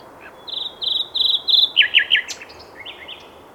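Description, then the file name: Common nightingale song: a series of four buzzy repeated notes followed by quick sharp chirps, then softer trailing notes. "Luscinia megarhynchos"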